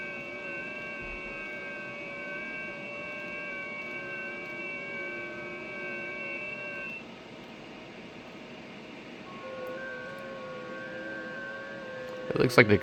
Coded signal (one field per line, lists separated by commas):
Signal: FT8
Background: speech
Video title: How I do 12 days of qrz Ft8 style. every band endorsement (mostly)